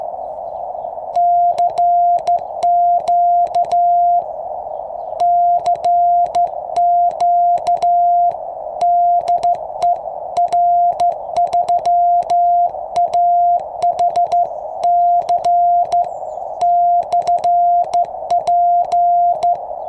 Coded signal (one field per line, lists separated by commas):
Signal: Morse code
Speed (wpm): 14 wpm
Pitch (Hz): 700 Hz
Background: none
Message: CQ CQ DE R3AHC/P